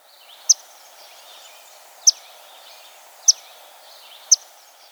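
Sparrow calls: four brief, sharp, high chirps at uneven intervals over a steady background hiss.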